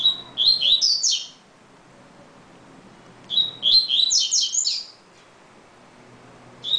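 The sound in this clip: Double-collared seedeater song: short bursts of high, clear whistled notes that slur and sweep, repeated after pauses of about two seconds.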